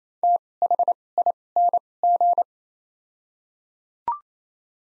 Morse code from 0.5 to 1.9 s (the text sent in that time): H I N